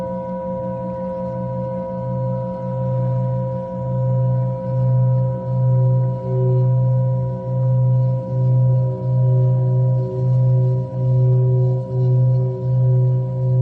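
A singing bowl sounds, its steady ringing tone layered with a deep low hum that pulses in a regular slow wobble, roughly twice a second. The pulsing begins soft and grows fuller after a few seconds, while higher overtones hold steady above it throughout.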